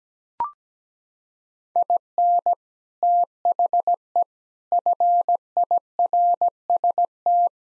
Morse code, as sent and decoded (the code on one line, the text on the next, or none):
.. -. / - .... . / ..-. .. .-. ... -
IN THE FIRST